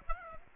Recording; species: mosquito wingbeat signal from an infrared sensor; Aedes aegypti